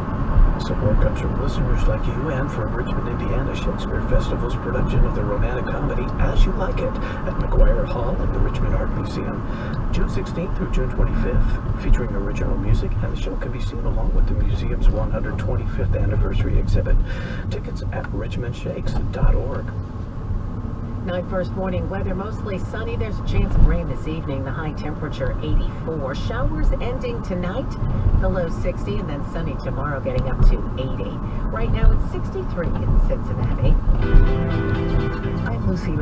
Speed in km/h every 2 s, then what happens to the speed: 60, 58, 56, 53, 50, 44, 34, 27, 21, 26, 29, 35, 37, 39, 39, 39, 39, 37.
0-16 slows to 21. 16-25 speeds up to 39. 25-36 steady at about 39.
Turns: 12-18.